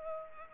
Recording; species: mosquito wingbeat signal from an infrared sensor; Culex pipiens